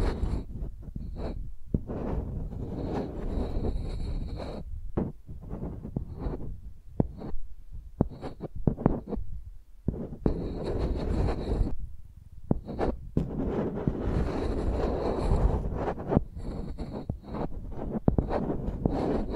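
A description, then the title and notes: A microphone is dragged and tapped like a pencil, making scratchy strokes with a heavy low rumble and thumps. The bursts come in irregular runs of one to three seconds, separated by brief near-silent pauses, with some thin whistling tones during the busier stretches. Using Mics as Pencils (No Talking).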